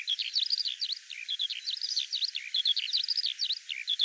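Bird song, a continuous run of high, sharply rising and falling chirps, tumbling quickly one after another.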